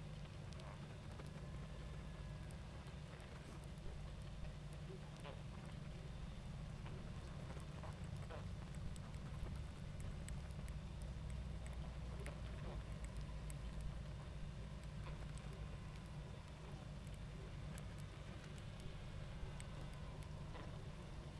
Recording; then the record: honeybee colony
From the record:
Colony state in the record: active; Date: 28 July 2017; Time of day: 20:51